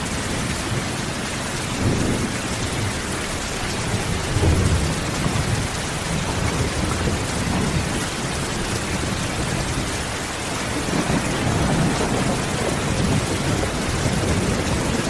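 Heavy rain falls at night in a dense, steady hiss that fills every register from start to finish. Low rumbles swell and fade underneath every few seconds, like thunder rolling around 2, 4.5, 8 and 12 seconds, while the downpour never lets up.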